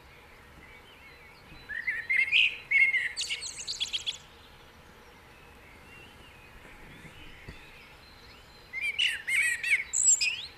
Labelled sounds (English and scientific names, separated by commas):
Common Blackbird (Turdus merula) song